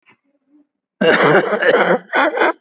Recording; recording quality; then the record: heavy voluntary cough; excellent, no background noise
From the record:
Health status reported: COVID-19 positive, moderate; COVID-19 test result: positive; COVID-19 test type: RT-PCR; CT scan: taken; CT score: 11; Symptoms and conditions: cough, cold, breathing difficulty, sore throat, loss of smell and taste, diarrhoea, hypertension, diabetes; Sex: male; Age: 77 years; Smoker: no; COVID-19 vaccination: both doses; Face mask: worn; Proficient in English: yes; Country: India